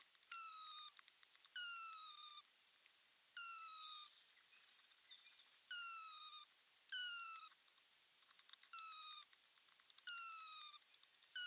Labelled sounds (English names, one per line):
Hazel Dormouse call